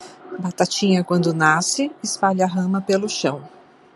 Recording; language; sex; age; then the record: short text; Brazilian Portuguese; female; 60 to 69 years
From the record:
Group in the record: control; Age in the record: 60 years